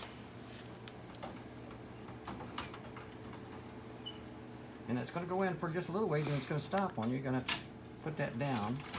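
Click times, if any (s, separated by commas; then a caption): none. A transfer (IBT) belt unit is carried back and lined up with its guides in a Xerox WorkCentre 7120, 7125, 7220 or 7225 laser copier before being pushed in. Light handling ticks sound at about 0.9, 2.3, 2.6 and 2.7 seconds, and someone talks from about 4.9 seconds onward. Nothing has seated or clicked yet.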